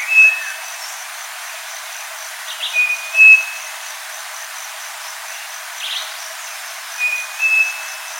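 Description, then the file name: Striped cuckoo giving paired whistles, a low note then a slightly higher one, twice after a single opening whistle, with brief chirps from another bird between phrases and soft insect hiss. "Canto do saci"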